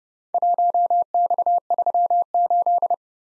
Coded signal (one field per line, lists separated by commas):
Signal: Morse code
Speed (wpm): 34 wpm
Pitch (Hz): 700 Hz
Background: none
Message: 1X38